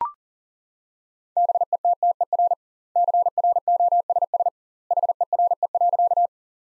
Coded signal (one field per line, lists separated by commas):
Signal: Morse code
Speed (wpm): 40 wpm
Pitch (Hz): 700 Hz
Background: none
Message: BETTER CROSS HERE.